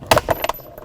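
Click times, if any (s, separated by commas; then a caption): 0.1 s. A forward cubby trim panel in the center console of a 2021+ Ford F-150 is pulled up to release the clips holding it at the bottom, freeing a path to run a wire for a stowable console shifter installation. A sharp plastic pop at 0.1 s marks the clips releasing, followed by a few lighter clicks and rattles as the panel comes loose. The clips release and the panel is freed.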